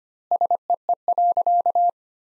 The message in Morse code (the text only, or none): SEE.